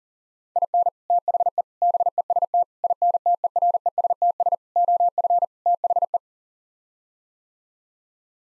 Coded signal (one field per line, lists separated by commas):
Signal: Morse code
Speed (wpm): 40 wpm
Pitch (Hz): 700 Hz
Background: none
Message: IN THE BEST INTERESTS OF THE